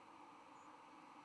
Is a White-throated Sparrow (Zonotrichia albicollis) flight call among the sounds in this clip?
no